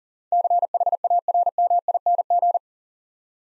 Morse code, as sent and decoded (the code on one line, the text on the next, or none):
-.-. .... .- .-. -- .. -. --.
CHARMING